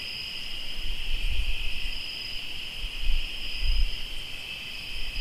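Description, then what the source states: Cricket chorus of continuous high-pitched trilling, steady throughout, with intermittent low rumbling thumps in the background. Crickets recorded in Tlayacapan, Morelos.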